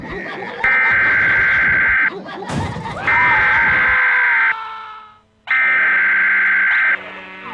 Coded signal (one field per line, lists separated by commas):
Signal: Emergency Alert System (SAME) tones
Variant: header bursts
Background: speech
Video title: Twisted Metal 1 : an EAS Scenario